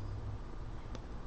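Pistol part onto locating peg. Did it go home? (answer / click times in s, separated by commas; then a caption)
no / none. A part of a Crosman Vigilante BB pistol is pushed onto its locating peg the wrong way round, and it does not go on. Over a steady low hum, a single faint, short tick is heard at about 1.0 s, but the part has not seated and nothing has clicked yet.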